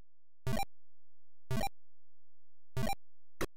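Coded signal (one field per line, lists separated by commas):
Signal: none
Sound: game music and sound effects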